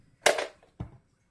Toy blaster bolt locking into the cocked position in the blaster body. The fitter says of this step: out a little satisfying click now